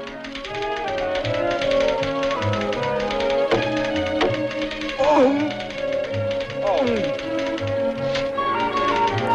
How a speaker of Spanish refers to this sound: Bueno, pues ahora que nos hemos puesto un poco nostálgicos escuchando este sonido de la máquina de escribir